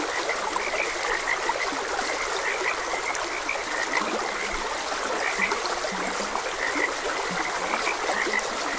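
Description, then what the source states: Frogs giving a continuous croaking chorus of short bright notes, with a few lower croaks, over steadily flowing water. Frogs croaking beside a gentle stream.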